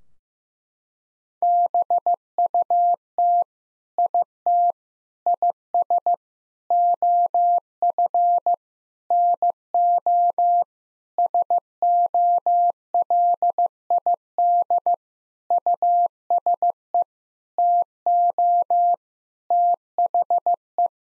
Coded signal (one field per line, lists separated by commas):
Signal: Morse code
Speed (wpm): 15 wpm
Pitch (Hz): 700 Hz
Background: none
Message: BUT IT IS OF NO SOLID USE TO THE